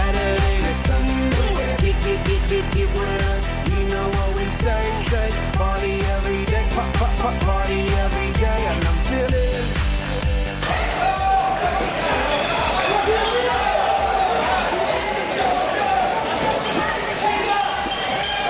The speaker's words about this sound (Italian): Questi rumori che sentite sono l'audio della protesta e degli scontri con la polizia tra Ferrugli a Bologna. Bologna, città universitaria, ci sono stati scontri tra la polizia e gli studenti perché che hanno protestato per l'inserimento di alcuni